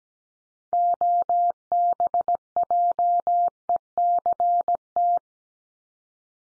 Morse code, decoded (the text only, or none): OBJECT